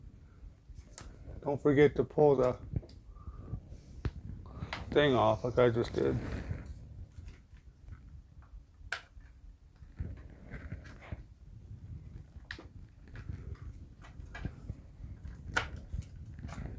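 A graphics card is handled during installation of a Phanteks vertical GPU mount in a Lian Li O11 Dynamic case, on its way into the PCIe slot of the riser mount. Someone talks at the start, followed by light handling taps and knocks, with a sharp knock near 8.9 s and a few more through to the end. Nothing has seated or clicked into the slot yet.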